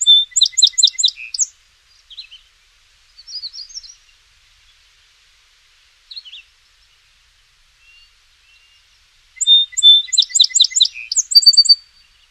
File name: songsparrow